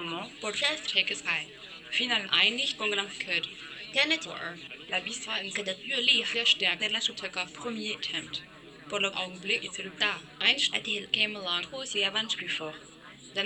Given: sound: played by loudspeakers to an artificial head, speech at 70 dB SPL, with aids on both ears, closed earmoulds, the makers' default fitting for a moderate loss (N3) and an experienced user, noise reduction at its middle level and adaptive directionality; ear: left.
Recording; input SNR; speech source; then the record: speech test signal (ISTS) in cocktail-party noise; +9 dB; in front (0 degrees)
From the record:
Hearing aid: class 1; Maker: C